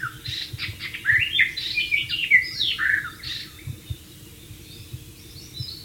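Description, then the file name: White-rumped shama song, rich whistled and down-slurred phrases for the first three seconds, then fading to quieter scattered notes with faint high chips. "suara burung murai batu di alam liar"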